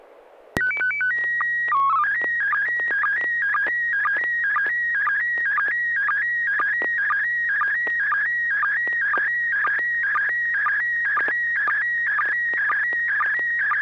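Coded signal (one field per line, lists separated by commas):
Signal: SSTV (slow-scan television)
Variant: PD 120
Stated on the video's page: Weekly amateur SSTV net on a 441.300 MHz FM repeater, images exchanged using MMSSTV software.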